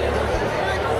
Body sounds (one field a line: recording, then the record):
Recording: background sound without coughing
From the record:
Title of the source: CITY SOUNDS Busy Bar in the Evening Night - 2 HOURS of Ambiance for Relaxation